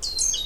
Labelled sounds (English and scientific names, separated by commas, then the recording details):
Stitchbird (Notiomystis cincta) song
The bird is a male
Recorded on Tiritiri Matangi Island, New Zealand, in 2005
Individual 10, of nest box 12